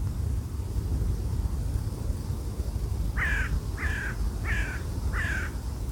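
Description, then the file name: Bird giving four raucous caws, evenly spaced, over deep, loud wind. Recorded with wind. "Wind und Voegel"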